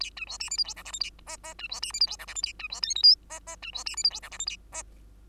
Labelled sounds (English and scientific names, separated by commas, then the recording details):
Bengalese Finch (Lonchura striata domestica) song
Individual Bird2